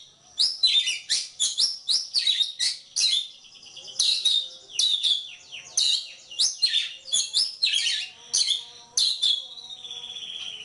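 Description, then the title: Magpie-robin song, a dense run of sharp high whistles and chattering notes in quick bursts, with brief pauses between phrases and a long whistle at the end. Competition bird, national champion, singing in gacor style with loud nembak shots and ngerol rolling phrases; seven kinds of sounds every three minutes. "Kacer Poci Gacor Nembak Dan Ngerol Juara Nasional. 7 macam suara kacer setiap 3 menit"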